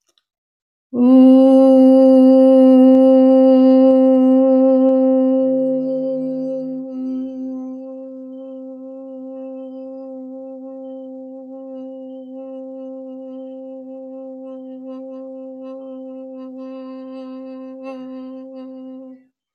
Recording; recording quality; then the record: sustained vowel as in boot; excellent, no background noise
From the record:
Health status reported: healthy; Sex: female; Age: 28 years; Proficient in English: yes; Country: India